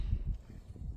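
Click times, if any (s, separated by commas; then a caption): none. A tail light bulb socket is worked into position in the tail light housing of a 2022 to 2025 Hyundai Tucson and turned clockwise, with low, dull handling thumps and rustles. Nothing has seated or clicked yet.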